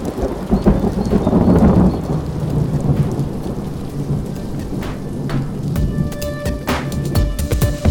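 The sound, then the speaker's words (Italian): Heavy rain pours down in a steady, dense hiss, with deep rumbles of thunder rolling underneath and sharp patters of drops striking surfaces throughout. “Dopo qualche minuto inizia a piovere a dirotto.”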